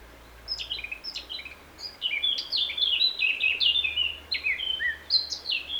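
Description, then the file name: Eurasian blackcap song, a run of bright, scratchy warbled notes rising and falling at a steady quick pace throughout, over a low background hum. "Sylvia atricapilla"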